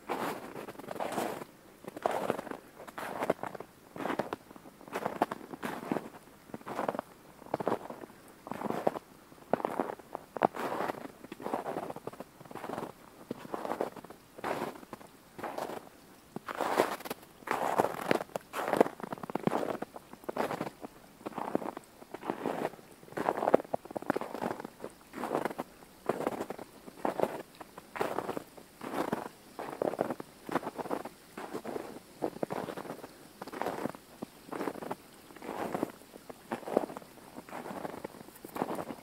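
Boots crunch through snow in a steady walking rhythm, roughly two steps per second, each step a short gritty burst, for the whole clip. A faint, constant hiss sits underneath, likely the flowing creek. No birds stand out.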